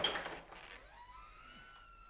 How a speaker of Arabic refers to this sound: افتح الباب يا أخي مسعود سيراه الطبيب ثم نعود.